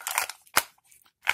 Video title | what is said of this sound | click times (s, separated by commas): Review of a CTSmart brand Full Tang Knife. This Thing is Definitely Usual. | You hear it snap in there, but very little retention. | 0.6 s